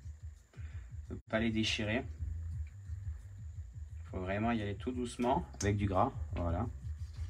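A ball head for the drivetrain of a Genius GTC8E 2023 RC model car is greased and pushed gently toward its plastic ball cup while assembling the centre section, with someone talking over faint handling noises and a steady high-pitched tone. Nothing has seated or snapped in yet by the end of the clip.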